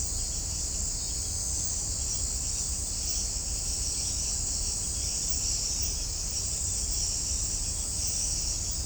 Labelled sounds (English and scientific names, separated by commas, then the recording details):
none
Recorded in shrubland near Pivijay, Magdalena, Colombia, on 4 June 2023 at 03:00
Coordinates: 10.453, -74.365
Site P5-G022